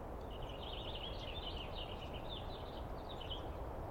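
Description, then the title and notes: Douglas squirrel giving a fast, stuttering chatter for over three seconds against a constant low-pitched rumble. Douglas squirrel screaming and calling persistently for a long time at dawn, morning of 21 April 2017, East Cascades; identified by its sound. "screaming Douglas Pine Squirrel"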